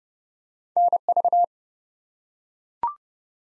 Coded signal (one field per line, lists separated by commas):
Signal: Morse code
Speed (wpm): 28 wpm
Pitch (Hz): 700 Hz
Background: none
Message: NV